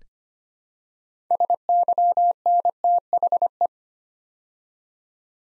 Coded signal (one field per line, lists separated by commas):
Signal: Morse code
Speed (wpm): 25 wpm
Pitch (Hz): 700 Hz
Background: none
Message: SYNTHE